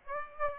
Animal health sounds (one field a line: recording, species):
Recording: mosquito wingbeat signal from an infrared sensor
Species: Aedes aegypti